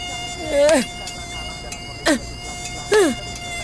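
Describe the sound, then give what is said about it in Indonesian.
A thin, steady whine of many mosquitoes at night drones through the whole stretch, while three short, loud, downward-sliding vocal cries break in over it at irregular intervals. “Malam-malam keringetan, gak bisa tidur, banyak nyamuk.”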